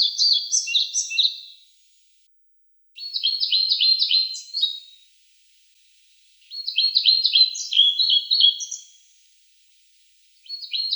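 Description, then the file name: European pied flycatcher singing brisk phrases of high, rapidly alternating notes, each lasting about two to three seconds, with roughly one- to one-and-a-half-second silences between repeats. "Ficedula hypoleuca"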